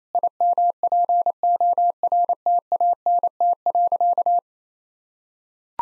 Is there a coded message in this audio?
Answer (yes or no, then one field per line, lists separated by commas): yes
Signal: Morse code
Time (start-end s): 0.1-4.4 s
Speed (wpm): 28 wpm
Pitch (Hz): 700 Hz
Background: none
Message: IMPORTANT.